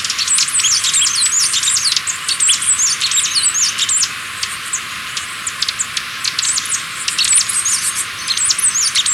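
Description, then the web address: Capped conebill chatter: a dense, continuous stream of sharp, very high chips and quick twittering notes overlapping for the whole stretch, with no other clear sounds. Recorded in Ecuador. "Natures Songs S America Birds of Ecuador. Capped Conebill"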